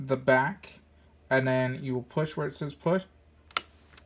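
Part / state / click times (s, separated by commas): ink cartridge into photo printer carriage / seated / 3.6 s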